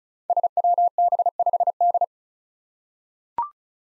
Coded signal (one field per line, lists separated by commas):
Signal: Morse code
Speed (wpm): 36 wpm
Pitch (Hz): 700 Hz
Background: none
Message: SWB5D